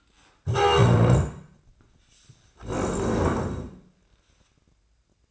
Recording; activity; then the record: daily activity, microphone in the room; stand up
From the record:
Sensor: 2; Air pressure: 1012.1 hPa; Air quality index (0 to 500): 156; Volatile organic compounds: 2 ppm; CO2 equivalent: 1150 ppm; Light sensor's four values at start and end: 46/114/49/57 and 38/93/41/46